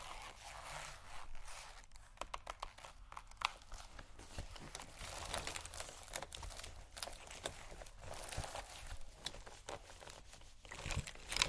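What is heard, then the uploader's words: Someone rummages through a makeup bag, producing a steady stream of soft crinkling, rustling and small clicks that runs for the whole stretch. Brief sharper taps and knocks stand out around the middle and near the end, with a faint low hum underneath. ASMR Rummaging Through My Makeup Bag （No Talking）.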